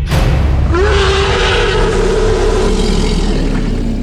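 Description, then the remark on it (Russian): A dragon's deep, guttural roar sounds from afar at dusk by a river, sustaining for about four seconds, loud and steady with a strained tone that sags slightly in pitch, layered over heavy low rumbling of the vibrating ground. “Издалека донесся пугающий гортанный рев, сопровождающийся гулкой вибрацией земли.”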